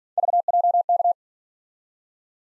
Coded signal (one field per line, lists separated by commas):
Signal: Morse code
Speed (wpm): 47 wpm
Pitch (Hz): 700 Hz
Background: none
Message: VJK